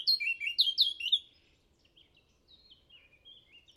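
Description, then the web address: Eurasian blackcap song: a brief loud phrase of clear whistled notes for about a second, then faint thin warbling. "chant didier collin fauvette a tete noire"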